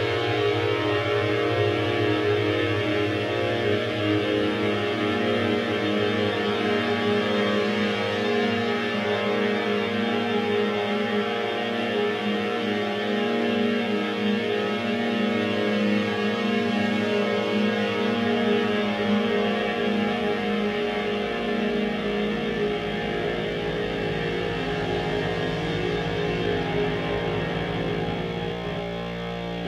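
A thick, unbroken drone of many stacked tones holds at a steady level for the whole half minute, with a bright shimmer sitting above a deep hum. Around eighteen seconds the lowest layer shifts and thickens, and the bass notes slowly change.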